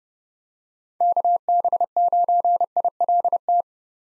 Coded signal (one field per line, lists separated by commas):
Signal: Morse code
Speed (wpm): 32 wpm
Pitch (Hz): 700 Hz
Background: none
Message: KB9ILT